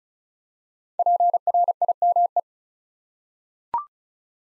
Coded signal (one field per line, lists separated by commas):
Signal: Morse code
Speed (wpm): 36 wpm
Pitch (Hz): 700 Hz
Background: none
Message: PRIME